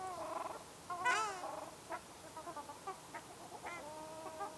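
Ruddy shelduck giving a loud, rising-and-falling nasal honk after a short call, then a series of faint clipped notes and a longer level call.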